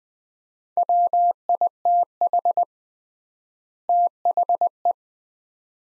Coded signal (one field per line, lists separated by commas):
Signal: Morse code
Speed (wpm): 20 wpm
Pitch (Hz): 700 Hz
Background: none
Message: WITH THE